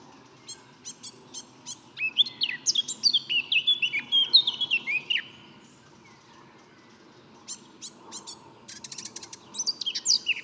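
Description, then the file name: Eurasian blackcap singing: scratchy ticking notes lead into a loud, clear warbling phrase of rich whistles, then a pause and another scratchy opening with whistled notes. "Sylvia atricapilla"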